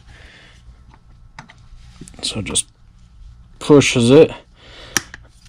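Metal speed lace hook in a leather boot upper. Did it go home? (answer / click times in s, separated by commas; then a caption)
released / 5.0 s. A removal tool pushes an old metal speed hook (lace hook) loose from the leather upper of a Red Wing Moc Toe 8138 boot, with someone talking over faint scraping and small taps. A sharp click at 5.0 s marks the hook popping loose from the upper before it is pulled out with pliers.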